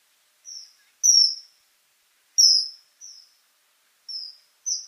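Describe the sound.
Bird calls: short, high-pitched, slurred notes, some strong and some soft, given at irregular intervals with brief gaps and no other sounds.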